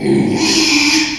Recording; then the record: squeal of a Yucatan mini pig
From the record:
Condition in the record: after surgery on the right vocal fold (resection and tissue-engineered implant); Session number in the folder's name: 2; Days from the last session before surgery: 13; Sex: male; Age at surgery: 12 weeks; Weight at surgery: 13 kg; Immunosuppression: cyclosporine, prednisolone